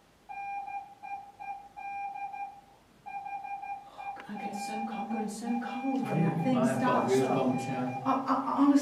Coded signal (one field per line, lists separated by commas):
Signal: Morse code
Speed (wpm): 13 wpm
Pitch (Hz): 2400 Hz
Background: speech, music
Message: NEED HELP?